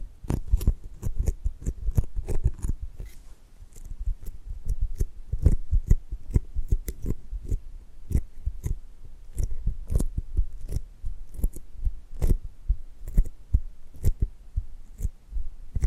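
Tapping and gripping sounds come as quick, irregular dull knocks, a few per second, with sharp clicky edges and soft scuffing between them throughout.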